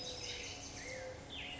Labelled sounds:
Mourning Dove (Zenaida macroura)
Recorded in Sonoma County, California

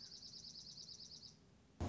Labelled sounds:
Dark-eyed Junco (Junco hyemalis)
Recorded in Sonoma County, California

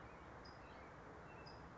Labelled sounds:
California Towhee (Melozone crissalis)
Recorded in Sonoma County, California

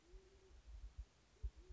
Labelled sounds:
Band-tailed Pigeon (Patagioenas fasciata)
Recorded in Sonoma County, California

